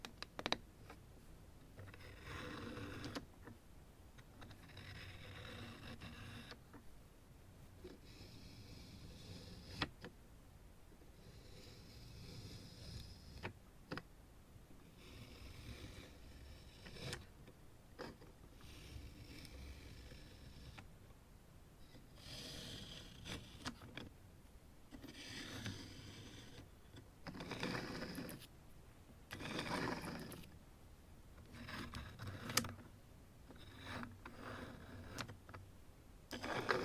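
Scratching and tapping in irregular bursts, bright scraping strokes alternating with soft low rubbing, sharp taps scattered throughout, brief pauses between passes.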